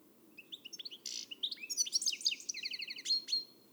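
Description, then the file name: European goldfinch song: rapid liquid twitters and chirps with a brief buzzy rasp, ending in a sustained high whistled note. "Carduelis carduelis"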